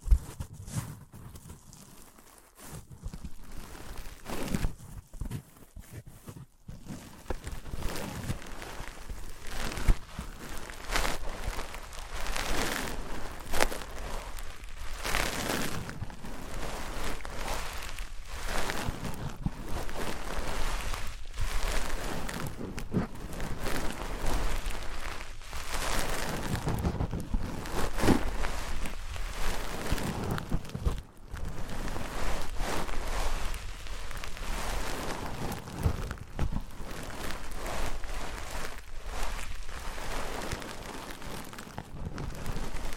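Materials such as wood, cork, sponge, foam, glass and plastic are handled and rubbed together in a dense, busy stream of scraping, tapping and crackling. The sounds run almost without pause, with sharper knocks and bursts scattered irregularly throughout, a few quieter gaps near the start.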